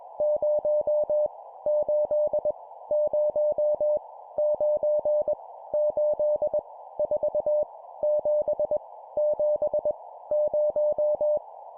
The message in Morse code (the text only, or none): 0 8 0 9 8 4 7 7 0